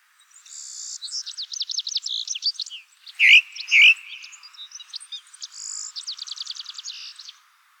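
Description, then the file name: Ring ouzel song with fast high scratchy twittering that breaks for two loud clear whistled notes, then another twittering stretch. "Merlo Dal Collare"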